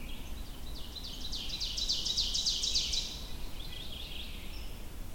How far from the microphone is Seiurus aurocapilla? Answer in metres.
about 55 m